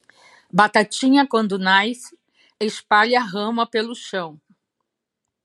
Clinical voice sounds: short text; Brazilian Portuguese; female; 50 to 59 years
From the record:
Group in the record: control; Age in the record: 59 years

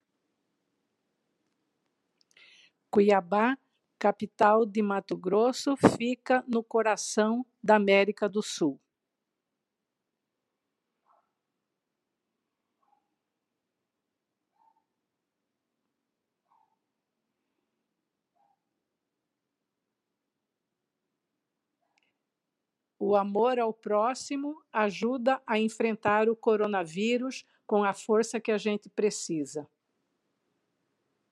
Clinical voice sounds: spoken sentence; Brazilian Portuguese; female; 60 to 69 years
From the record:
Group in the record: control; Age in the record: 67 years

